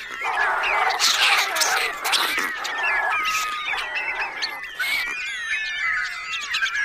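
Bats squeaking in a dense chorus, many overlapping high, wavering chirps and squeals with sharp clicks, steady throughout.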